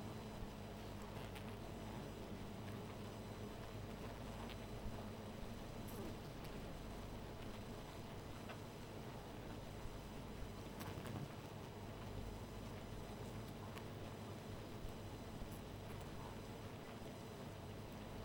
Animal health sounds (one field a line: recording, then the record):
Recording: honeybee colony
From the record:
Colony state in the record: missing queen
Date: 14 July 2017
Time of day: 2:41